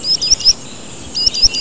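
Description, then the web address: Spotted sandpiper calls: two quick bursts of three thin, high whistled notes, each slightly rising, with a short pause between the bursts. "Mitchell Lake. Spot Sandpiper"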